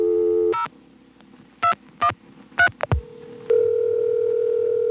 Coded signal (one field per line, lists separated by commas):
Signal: DTMF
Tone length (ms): 100 ms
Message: 0213